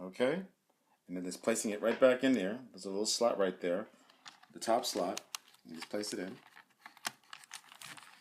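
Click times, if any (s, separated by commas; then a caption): 7.1 s. A camcorder battery is placed into its top slot and pushed home while someone talks. A few small handling sounds follow near the end, and the battery clicks into place at about 7.1 s, seated.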